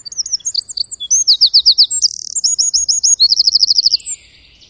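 Bird song, a fast high-pitched series of sweet chirps and rapid trilled bursts of repeated notes, continuous through most against a quiet background.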